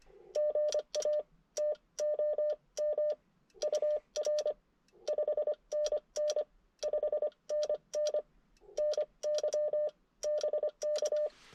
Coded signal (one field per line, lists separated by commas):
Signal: Morse code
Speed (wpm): 24 wpm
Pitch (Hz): 560 Hz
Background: none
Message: GA TOM UR 5NN 5NN NY BK